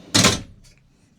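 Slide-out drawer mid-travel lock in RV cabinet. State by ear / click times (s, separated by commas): seated / 0.2 s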